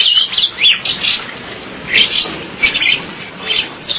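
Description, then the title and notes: Bird singing in short bursts of high, twittering chirps separated by brief pauses. "Kicau Burung Lengkap"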